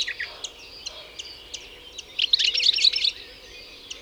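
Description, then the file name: European goldfinch: scattered thin high notes, then a brief dense burst of twittering song near the middle, quieter again afterward. "Carduelis carduelis"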